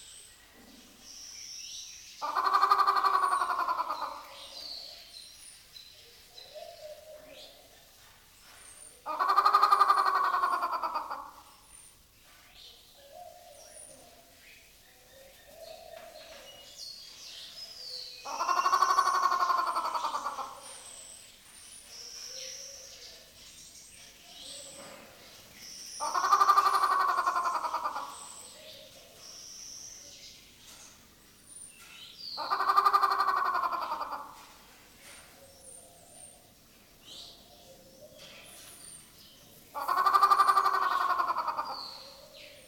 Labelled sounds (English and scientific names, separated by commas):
White-rumped Shama (Copsychus malabaricus)